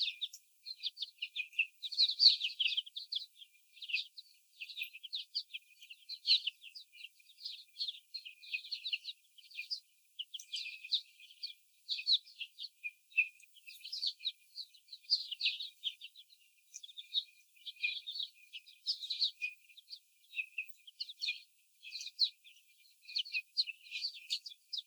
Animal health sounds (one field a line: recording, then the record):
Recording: young laying hens in a cage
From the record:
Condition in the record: before the stressor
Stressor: sudden umbrella opening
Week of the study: 3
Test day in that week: 2